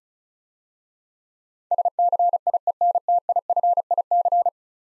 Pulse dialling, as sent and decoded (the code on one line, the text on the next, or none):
none